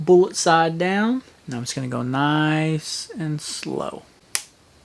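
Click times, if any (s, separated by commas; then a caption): 4.4 s. Someone talks while a connecting pin, inserted bullet side down, is slowly pressed with a chain tool through a steel link of a 10-speed bicycle chain during a 1x8 to 1x10 conversion of a GT Aggressor Pro. A single sharp click at 4.4 s marks the pin seating in place, though it is uncertain whether it was a good or a bad click.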